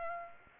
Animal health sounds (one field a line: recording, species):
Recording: mosquito wingbeat signal from an infrared sensor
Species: Aedes aegypti